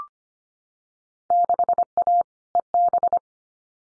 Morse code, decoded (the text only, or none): 6A EB